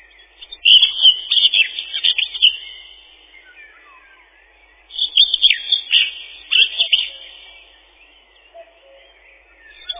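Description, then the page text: Common whitethroat singing two bursts of brisk, chattering warbled phrases lasting about two seconds, several seconds apart, with faint whistled notes in the gaps. Song a chattering 'tirli-vi-tir-li-chet-chit-chitirli'. "Серая славка, или славка-говорунчик — Sylvia communis. Пение. Песня — щебетание “тирли-ви-тир-ли-чет-чит-читирли”"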